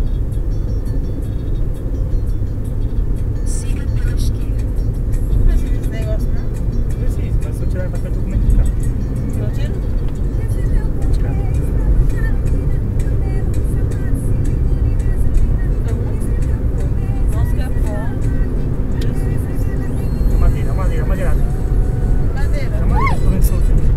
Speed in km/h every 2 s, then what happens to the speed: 82, 85, 89, 90, 95, 99, 103, 105, 110, 116, 119, 118.
0-19 speeds up to 119.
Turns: none.